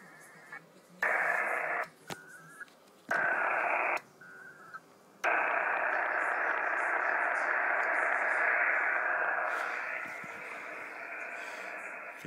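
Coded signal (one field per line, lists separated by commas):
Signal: HF data modem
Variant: WINMOR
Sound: several short hissing data bursts, then a long continuous wideband hiss-like data tone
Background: radio static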